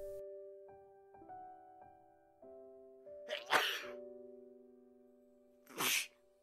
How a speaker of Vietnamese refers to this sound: Ở một nơi khác, thầy Lương đang đi trên con đường thì bỗng hắt hơi liên tục.